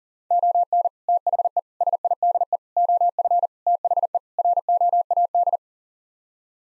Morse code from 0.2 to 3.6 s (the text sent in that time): ON THE SIDE OF